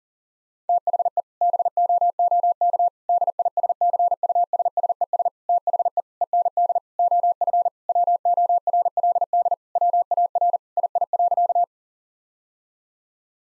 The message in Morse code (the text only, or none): THE BOOK DISCUSSES THE END OF WORLD WAR II.